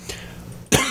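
A single sudden, harsh cough burst after a quiet pause, from saliva going down the wrong way.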